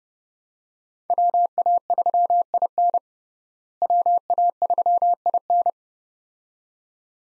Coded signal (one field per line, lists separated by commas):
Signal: Morse code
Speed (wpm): 30 wpm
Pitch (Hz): 700 Hz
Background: none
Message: WA3IN WA3IN